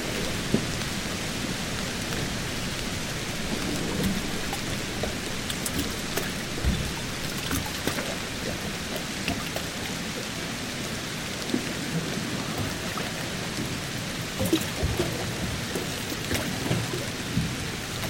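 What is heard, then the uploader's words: Rain patters steadily over the marina water, a dense, even hiss that holds level for the whole stretch. Scattered sharper drips and small taps stand out now and then, with a soft low rumble underneath suggesting lapping water. Rainy Marina Ambience. Rain patters steadily on the calm, lapping waters of the marina. Rain on the Harbor.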